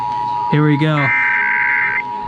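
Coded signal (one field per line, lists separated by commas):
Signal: Emergency Alert System (SAME) tones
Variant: header bursts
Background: speech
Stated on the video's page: EAS National Periodic Test received on FM radio.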